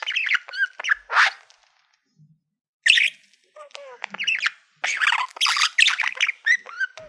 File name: Budgie Sounds